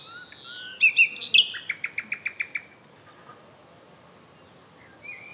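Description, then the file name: Common nightingale song: high whistled notes, then a fast repeated series of sharp metallic chips, a pause, and more bright whistled phrases at the end. "Luscinia megarhynchos"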